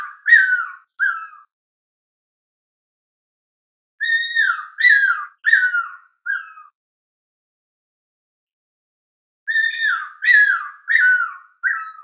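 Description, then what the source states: Cuckoo-roller calls: short groups of three to four falling, slurred whistles, each group separated by several seconds of silence. Madagascar.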